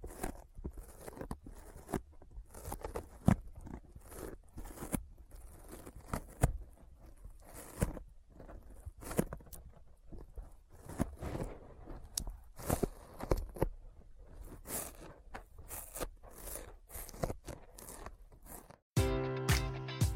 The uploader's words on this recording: ASMR Intense Sticky Finger Sounds (No Talking).